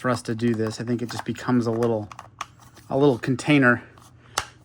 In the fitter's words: So, that pops right in there.